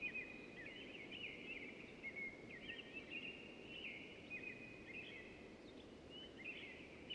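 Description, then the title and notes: American Robin song, a dense run of whistled caroling phrases from more than one bird, continuous and overlapping, with a faint low hum beneath. Several singing robins in a spring dawn chorus, temperate deciduous forest, Pacific Northwest, Washington, United States; stereo downmix from quad recording. "Dawn chorus in a temperate deciduous forest, from quiet air broken by awakening American Robins. Spring season. Recorded in the beautiful Pacific Northwest in Washington, United States"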